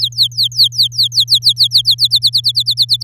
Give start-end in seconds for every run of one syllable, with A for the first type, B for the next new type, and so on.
0.00-1.95 A, 1.98-3.03 B